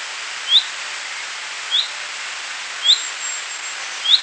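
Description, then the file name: Common chaffinch uttering four short rising whistled notes about a second apart, somewhat soft against continuous background hiss. "Fringilla coelebs"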